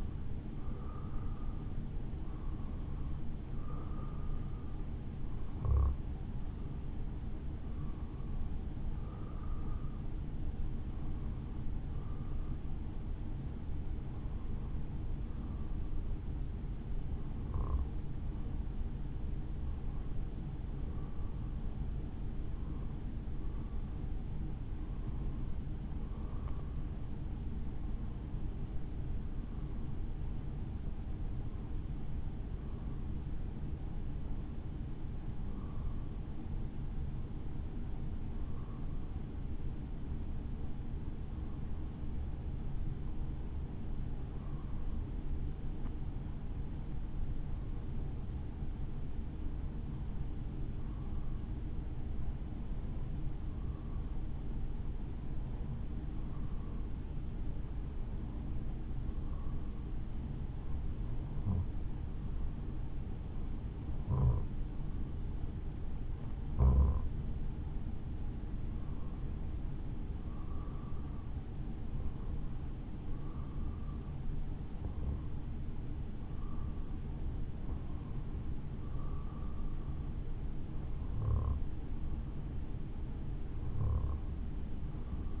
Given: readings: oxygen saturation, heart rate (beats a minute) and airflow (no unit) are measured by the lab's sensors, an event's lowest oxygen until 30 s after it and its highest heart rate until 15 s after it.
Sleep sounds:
breathing in sleep by a smartphone at the bedside; 1
26.00-56.00 s: new sleep stage, N2 (light sleep)
34.00-63.90 s: hypopnea (N2, oxygen 94% highest, then 93% lowest, heart rate 53 at the start, 60 highest)
56.00-85.40 s: new sleep stage, N1 (lightest sleep)
From the record:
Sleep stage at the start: N1 (lightest sleep); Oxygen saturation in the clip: 91 to 95%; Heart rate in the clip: 53 to 62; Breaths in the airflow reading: 29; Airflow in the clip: -4.0 to 4.8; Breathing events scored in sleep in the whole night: 216 in 7.0 hours asleep

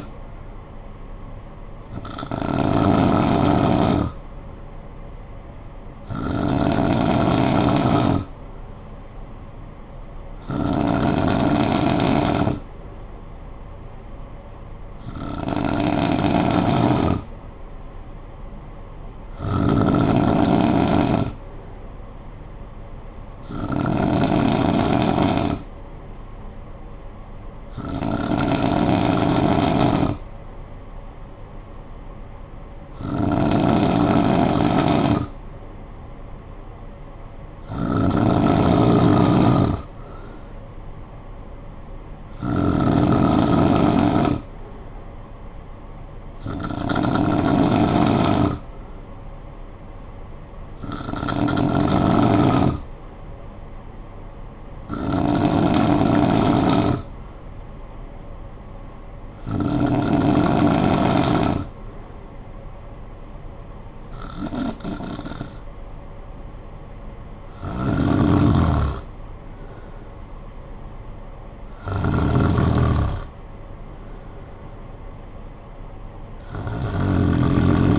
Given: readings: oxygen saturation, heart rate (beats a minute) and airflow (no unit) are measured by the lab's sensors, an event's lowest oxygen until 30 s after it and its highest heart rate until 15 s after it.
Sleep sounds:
breathing in sleep by a smartphone at the bedside; none
none scored
From the record:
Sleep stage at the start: N2 (light sleep); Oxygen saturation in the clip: 92 to 95%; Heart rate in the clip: 53 to 68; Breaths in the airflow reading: 17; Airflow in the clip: -9.8 to 7.4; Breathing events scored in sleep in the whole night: 445 in 7.6 hours asleep

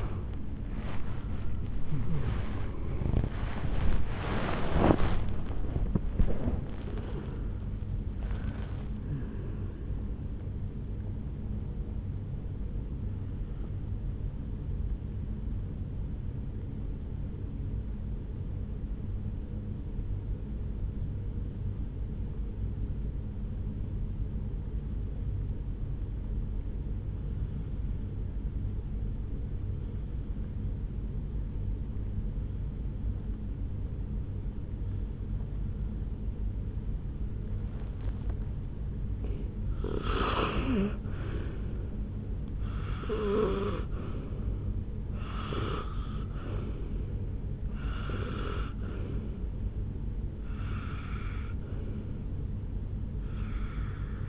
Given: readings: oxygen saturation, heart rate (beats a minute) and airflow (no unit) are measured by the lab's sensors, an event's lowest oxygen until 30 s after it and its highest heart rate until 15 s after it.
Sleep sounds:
breathing in sleep by a smartphone at the bedside; 1
12.00-42.00 s: new sleep stage, N1 (lightest sleep)
16.00-40.00 s: hypopnea (N1, oxygen 97% highest, then 87% lowest, heart rate 64 at the start, 69 highest)
42.00-54.29 s: new sleep stage, N2 (light sleep)
From the record:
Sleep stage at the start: N2 (light sleep); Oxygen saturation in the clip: 82 to 97%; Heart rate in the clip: 62 to 79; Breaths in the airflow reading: 9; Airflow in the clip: -10.4 to 13.6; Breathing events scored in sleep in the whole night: 449 in 7.0 hours asleep

